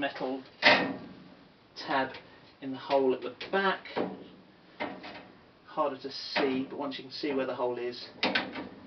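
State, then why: Not seated. Someone talks while fitting a Bisley suspension filing frame into a steel cupboard, working its rear metal tab into the hole at the back before the front plastic clip and metal tab are pushed into place. Only speech and handling are heard, and nothing has seated or clicked yet.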